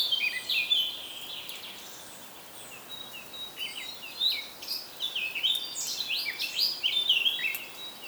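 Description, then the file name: Eurasian blackcap song, a fast, chattering run of high scratchy and warbled notes in quick bursts, with a quieter gap early on. "Sylvia atricapilla"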